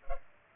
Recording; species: mosquito wingbeat signal from an infrared sensor; Culex pipiens